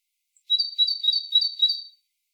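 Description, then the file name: Great tit giving one short burst of its high, ringing two-note song, the phrase repeated about five times in quick succession. "Parus major"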